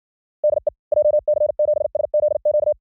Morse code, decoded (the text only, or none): DE JC7SZQ